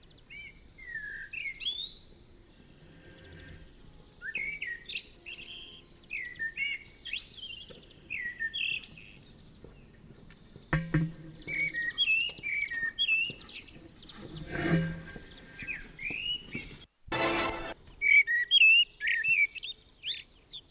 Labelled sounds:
Common Blackbird song

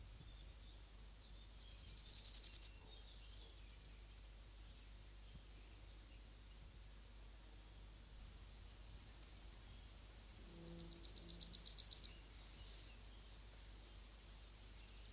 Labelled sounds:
Yellowhammer song

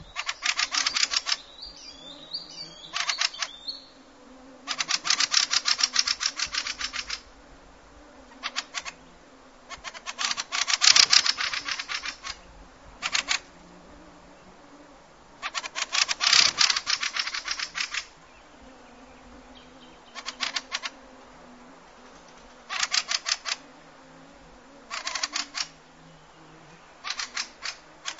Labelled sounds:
Fieldfare alarm call

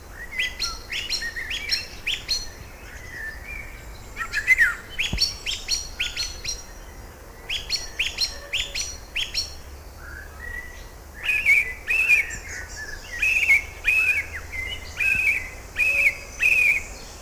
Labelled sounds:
Song Thrush song

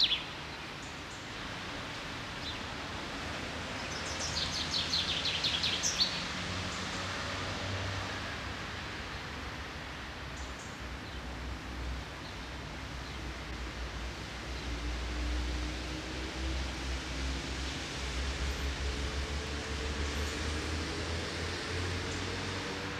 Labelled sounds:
Common Chaffinch song

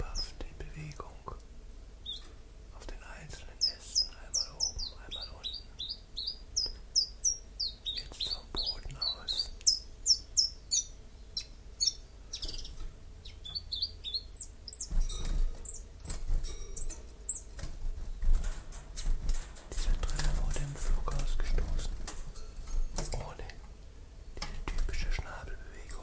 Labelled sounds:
Common Chiffchaff

